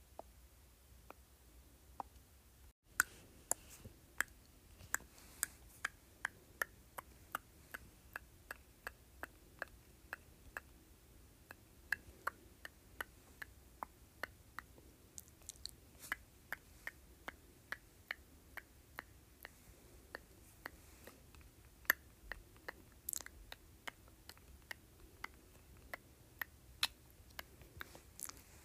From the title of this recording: ASMR Tongue Clicking